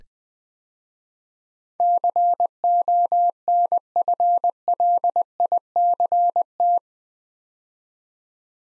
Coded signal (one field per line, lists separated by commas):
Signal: Morse code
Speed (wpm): 20 wpm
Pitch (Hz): 700 Hz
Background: none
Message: CONFLICT